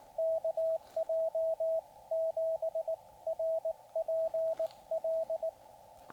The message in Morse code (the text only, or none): KJ7RPL